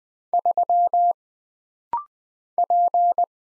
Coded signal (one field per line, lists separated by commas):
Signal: Morse code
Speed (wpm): 20 wpm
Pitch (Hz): 700 Hz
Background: none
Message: 3 P